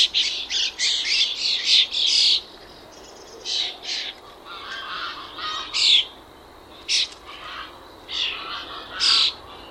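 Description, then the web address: Bird calls, harsh squawking bursts in rapid clusters, then spaced single squawks every second or so, over a steady low hiss. "Bird Only"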